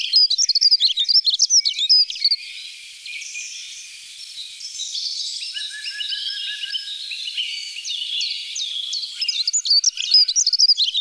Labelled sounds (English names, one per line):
Dunnock song